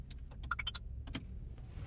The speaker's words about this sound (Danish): Det er jo som sagt verdens første elbil med skiftet batteri. Og når folk sætter sig ind i en elbil for første gang, så er noget af det, de bliver mest overrasket over, det er lyden, når den starter. For det lyder sådan her.